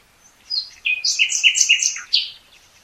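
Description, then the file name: Common nightingale pours out a short, dense phrase of bright whistles and sharp chirps, packed closely together. "Luscinia megarhynchos"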